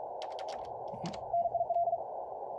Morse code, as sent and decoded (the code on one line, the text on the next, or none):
-. .. .-..
NIL